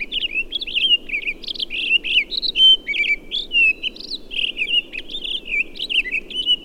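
Townsend's solitaire singing clear, loud, flutelike warbled notes in a steady rambling stream, high and varied, with a faint low hum underneath.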